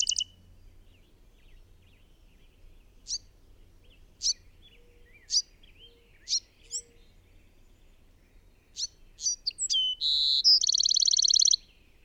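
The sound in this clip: Bird song: scattered single high chirps for several seconds, then a burst of notes ending in a long, buzzy, rapid trill.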